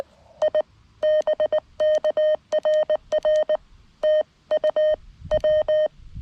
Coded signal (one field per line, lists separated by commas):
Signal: Morse code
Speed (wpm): 19 wpm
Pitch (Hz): 1850 Hz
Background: none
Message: I BK RR TU W